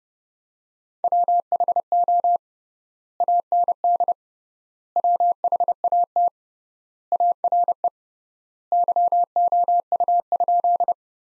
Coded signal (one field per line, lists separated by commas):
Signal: Morse code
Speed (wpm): 30 wpm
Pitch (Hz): 700 Hz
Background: none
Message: WHO AND WHAT ARE YOU?